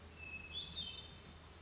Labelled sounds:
Hermit Thrush
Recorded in Sonoma County, California

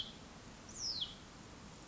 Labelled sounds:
Hutton's Vireo
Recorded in Sonoma County, California

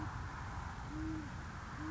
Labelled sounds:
Great Horned Owl
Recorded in Sonoma County, California

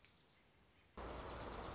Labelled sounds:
Dark-eyed Junco
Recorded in Sonoma County, California

